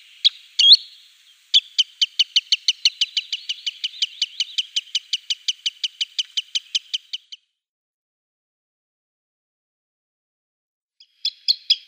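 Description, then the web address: Green sandpiper with a couple of notes, then a long, fast, steady series of clipped high ticks lasting about six seconds, and a few more notes at the end. "Schulze Peter Green Sandpiper calls"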